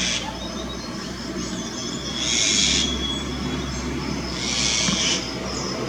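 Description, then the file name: Eurasian jay giving hoarse screeches, two clear ones about two seconds apart, over a constant low rumbling background. "Eurasian Jay call 2 Alok"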